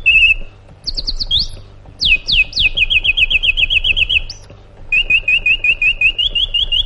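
Sooty-headed bulbul song with a short whistle, sharp falling notes, a quick even trill of repeated notes, then a slower run of rising whistled chips; low hum behind.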